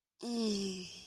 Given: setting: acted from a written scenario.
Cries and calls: vocal sound without words; ecstasy

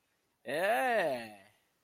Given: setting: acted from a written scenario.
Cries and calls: vocal sound without words; triumph

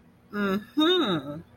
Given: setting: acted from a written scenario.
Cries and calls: vocal sound without words; interest

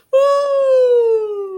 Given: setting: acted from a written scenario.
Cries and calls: vocal sound without words; adoration

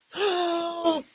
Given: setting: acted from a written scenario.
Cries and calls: vocal sound without words; pain

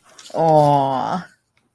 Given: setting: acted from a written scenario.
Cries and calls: vocal sound without words; adoration

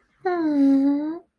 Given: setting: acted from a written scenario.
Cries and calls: vocal sound without words; romantic love

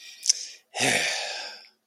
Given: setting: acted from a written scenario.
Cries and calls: vocal sound without words; pride

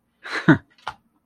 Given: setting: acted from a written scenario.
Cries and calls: vocal sound without words; realization

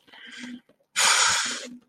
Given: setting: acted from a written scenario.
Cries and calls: vocal sound without words; disappointment

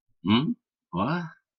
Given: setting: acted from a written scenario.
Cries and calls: vocal sound without words; confusion

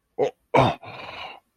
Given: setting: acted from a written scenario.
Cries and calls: vocal sound without words; fear

